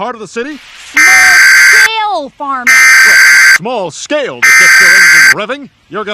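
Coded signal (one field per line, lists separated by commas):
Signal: Emergency Alert System (SAME) tones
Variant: header bursts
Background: speech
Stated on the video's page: Mock EAS alert, not a real one.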